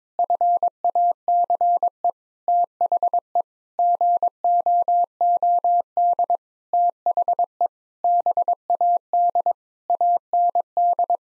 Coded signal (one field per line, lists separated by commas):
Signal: Morse code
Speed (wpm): 22 wpm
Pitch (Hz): 700 Hz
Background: none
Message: FACE THE GOOD THE BAD AND